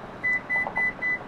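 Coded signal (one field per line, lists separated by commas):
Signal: beep code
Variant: Lexus power back door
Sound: four short, evenly spaced mid-pitched electronic beeps in quick succession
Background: faint room noise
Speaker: four beeps keep holding two more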